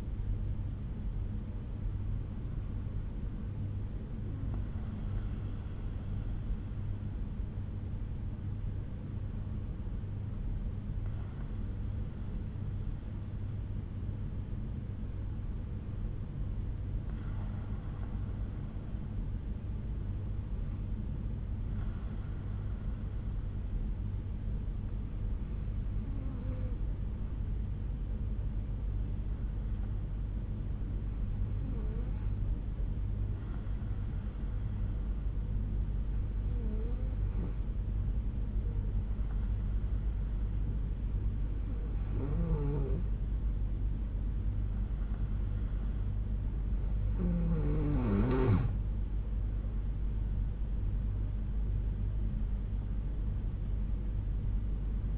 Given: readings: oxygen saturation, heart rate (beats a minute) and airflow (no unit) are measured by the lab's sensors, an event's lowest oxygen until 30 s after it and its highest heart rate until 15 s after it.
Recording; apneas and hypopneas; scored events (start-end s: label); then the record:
breathing in sleep by a smartphone at the bedside; 1
14.00-47.20 s: hypopnea (N2, oxygen 95% highest, then 92% lowest, heart rate 60 at the start, 73 highest)
From the record:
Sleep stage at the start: N2 (light sleep); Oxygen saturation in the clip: 89 to 95%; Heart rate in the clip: 58 to 73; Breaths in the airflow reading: 10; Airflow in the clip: -6.9 to 6.9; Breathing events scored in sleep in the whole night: 368 in 8.0 hours asleep